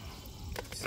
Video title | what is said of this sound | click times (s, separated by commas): 2020 Hyundai Palisade R/Brake Pad and Rotor Replacement with Electronic Parking Brake - No Scanner | snapped right into place | 0.6 s, 0.9 s